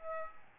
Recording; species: mosquito wingbeat signal from an infrared sensor; Aedes albopictus